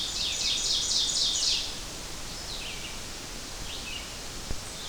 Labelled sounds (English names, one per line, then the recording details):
Red-eyed Vireo song
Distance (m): 50 m
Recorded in boreal forest in Alberta, Canada, on 12 June 2016 at 05:50
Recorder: SongMeter 3, array SBT-3-18
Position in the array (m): 234 m, 102 m